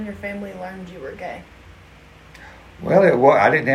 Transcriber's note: none